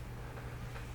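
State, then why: Not seated. A small metal E-clip is being worked with Godhand needle nose pliers toward its groove on the plastic front damper part of a Tamiya Blockhead Wild One RC buggy. Only a steady low hum and faint broadband noise are heard, with no distinct hit. The clip has not clicked into place yet.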